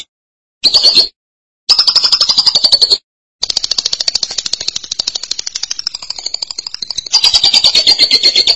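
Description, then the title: Lovebird giving rapid high-pitched chattering trills in bursts separated by short silences, the sound softening midway before turning loud and shrill again. "BM Suara Burung Lovebird"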